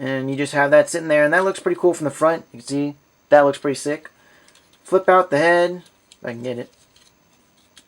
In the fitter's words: There you go. Locks it in place, this whole segment.